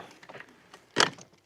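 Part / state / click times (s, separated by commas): mower handle into its locking bracket / seated / 1.0 s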